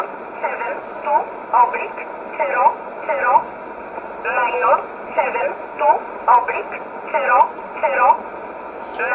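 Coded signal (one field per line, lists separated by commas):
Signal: numbers station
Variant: E11 Oblique, English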